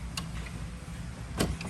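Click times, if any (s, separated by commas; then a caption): 1.4 s, 1.6 s. A cargo tray slide-out for a garage storage system is slid evenly into its drawer-style tracks over a low steady hum, with a brief tick at 0.2 s. It snaps and locks into place with two sharp clicks at 1.4 s and 1.6 s, and the tray is seated.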